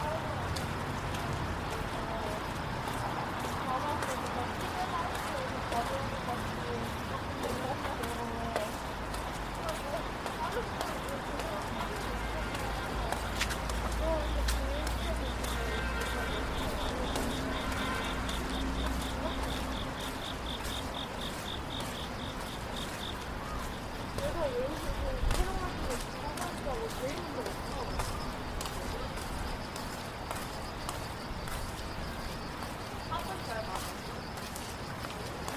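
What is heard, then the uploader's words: A rainy night walk downtown, with a steady wash of rain and street noise and murmuring voices throughout. From about 14 to 23 seconds a high, even whine runs over a low rumble, like a passing vehicle, and a sharp knock lands near 25 seconds. Going For A Walk Downtown on A Rainy Night. Hear the cars, the murmurs of people and the light rain.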